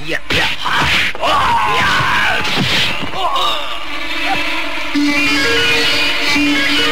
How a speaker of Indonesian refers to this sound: Pukulan dari Aji Banyu Cakrabuana tidak tertahankan lagi. Sebuah pukulan yang berkekuatan luar biasa menerpa pundak Resi Amista.